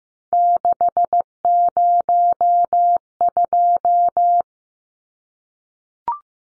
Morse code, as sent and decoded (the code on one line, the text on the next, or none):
-.... ----- ..---
602